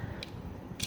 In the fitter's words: flip down his foot and flip out his heel spur until you hear it click into place